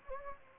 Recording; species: mosquito wingbeat signal from an infrared sensor; Anopheles gambiae